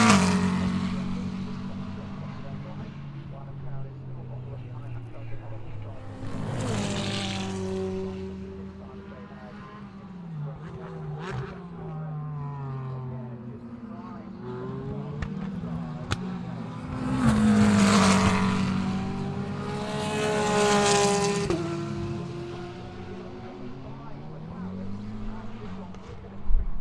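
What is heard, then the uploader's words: Racing cars at Donington Park during free practice, engines droning steadily with pitch rising and falling as they change gear. Louder passes sweep by around 7, 18 and 21 seconds, with a sharp click near 16 seconds and brief speech-like sounds mixed in. Trackside Sounds from Donington Park. Audio recorded trackside during Free Practice 1 ahead of the 4th round of the Intelligent Money British GT Championship at Donington Park.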